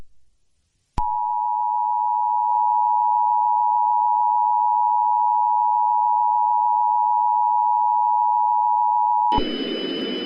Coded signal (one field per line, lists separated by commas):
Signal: Emergency Alert System (SAME) tones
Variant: 853 and 960 Hz attention tone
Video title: RobotBoy: EAS Scenario (Retake) Part 1